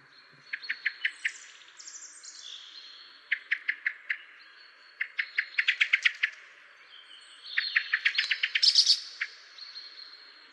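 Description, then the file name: Common blackbird calls: bursts of sharp, clicking chips in quick runs of four to eight notes, separated by brief pauses, with a few higher thin notes mixed in. "Turdus merula"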